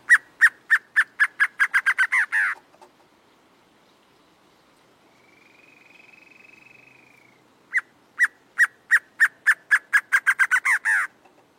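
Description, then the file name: Acre antshrike singing two accelerating series of clipped notes, each closing with broader notes, separated by a quiet gap with a soft, steady high tone. "Canto do choca do acre"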